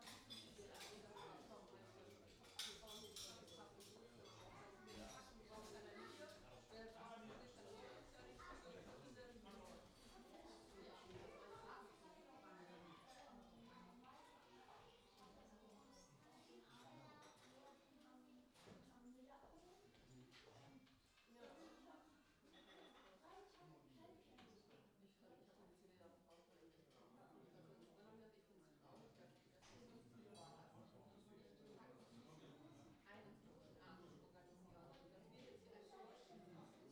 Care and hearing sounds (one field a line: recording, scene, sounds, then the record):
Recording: everyday scene through a hearing-aid microphone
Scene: many people talking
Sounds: many voices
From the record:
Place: parish hall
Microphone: in the ear canal, left